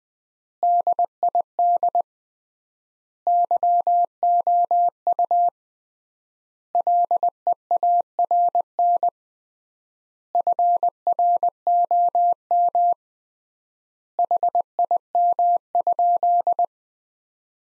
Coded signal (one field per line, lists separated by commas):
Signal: Morse code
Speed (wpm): 20 wpm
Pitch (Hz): 700 Hz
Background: none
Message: DID YOU LEARN FROM HIM?